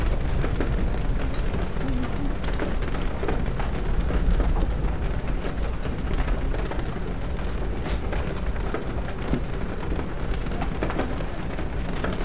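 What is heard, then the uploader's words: Rain patters on a bookstore window in a steady, dense wash with no pauses. Fine drops tick through the upper range while a low rumble holds underneath, and a few sharper taps stand out, near eight and eleven seconds. Rainy Bookstore Cafe Ambience. Rain patters on the bookstore window on a peaceful afternoon.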